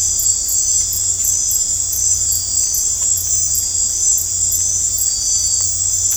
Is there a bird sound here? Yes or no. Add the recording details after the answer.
no. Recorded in dense forest near Puerto Asís, Putumayo, Colombia, on 22 December 2024 at 19:00. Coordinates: 0.503, -76.323. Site G043